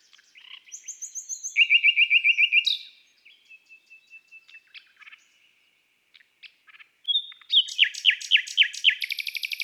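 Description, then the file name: Common nightingale song: a loud fast trill, a long fine whistle, scattered soft ticks, then a burst of rapid descending notes and a buzzy rattle. From an album of bird songs of woods and forests. "Rossignol philomele Chants doiseaux des bois et des forets"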